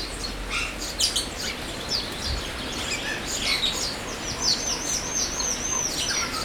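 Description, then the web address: Birds chirping, assorted short calls giving way to a rapid series of high looping whistled notes in the second half, with a low thump early on. Birds in an aviary at Jászberény Zoo, recorded in 2016. "allathangok jaszberenyizoo 2016 professzionalis madarak ropde"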